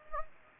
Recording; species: mosquito wingbeat signal from an infrared sensor; Anopheles gambiae